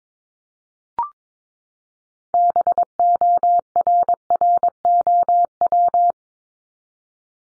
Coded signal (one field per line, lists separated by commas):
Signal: Morse code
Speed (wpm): 22 wpm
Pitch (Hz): 700 Hz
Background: none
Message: BORROW